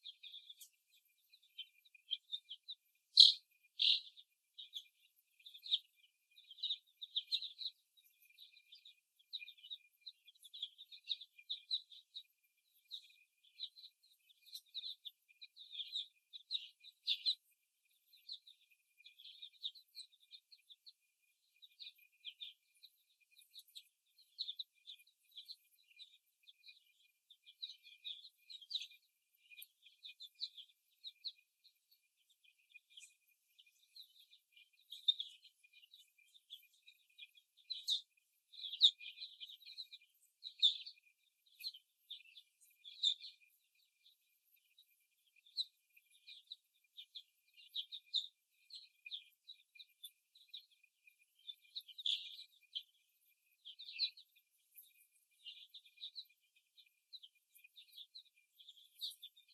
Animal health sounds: young laying hens in a cage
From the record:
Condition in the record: before the stressor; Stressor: simulated dog barking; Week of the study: 1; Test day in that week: 2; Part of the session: 3

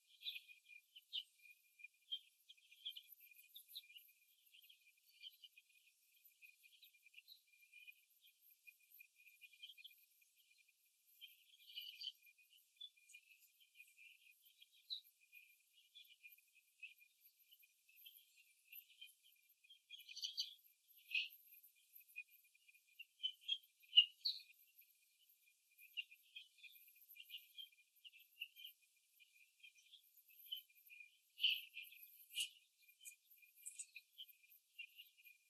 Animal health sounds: young laying hens in a cage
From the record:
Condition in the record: before the stressor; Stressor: simulated dog barking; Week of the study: 2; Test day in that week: 3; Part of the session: 3

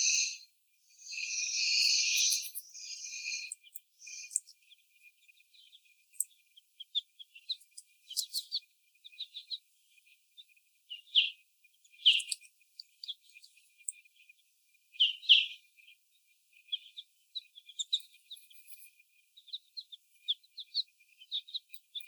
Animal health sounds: young laying hens in a cage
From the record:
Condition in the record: before the stressor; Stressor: sudden umbrella opening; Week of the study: 1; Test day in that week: 1

